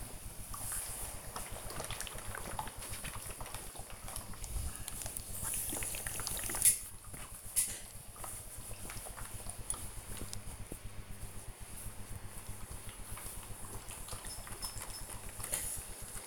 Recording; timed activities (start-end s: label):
household activities, microphone on the right wrist
0.00-16.27 s: ironing laundry